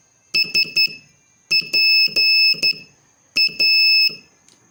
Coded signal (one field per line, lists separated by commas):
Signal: Morse code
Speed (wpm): 11 wpm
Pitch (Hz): 2600 Hz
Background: none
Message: SPA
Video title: Morse Code Practice Session 8